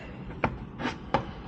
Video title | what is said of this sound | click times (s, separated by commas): Cadillac Lyriq and StonSho License Plate Bracket Install | take push it in pull that and now we're locked into place | 0.4 s, 1.1 s